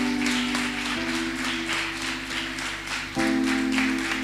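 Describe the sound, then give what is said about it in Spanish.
An audience at a church anniversary service claps loudly and steadily for several seconds after a baptism is announced, the dense applause carried over a sustained keyboard chord that shifts to a new chord near the end. “Fuerte aplauso.”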